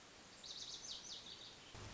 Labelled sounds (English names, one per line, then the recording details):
Lazuli Bunting
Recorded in Sonoma County, California